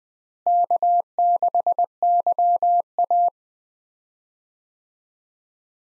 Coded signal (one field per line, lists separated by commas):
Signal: Morse code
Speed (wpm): 20 wpm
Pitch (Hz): 700 Hz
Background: none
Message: K6YA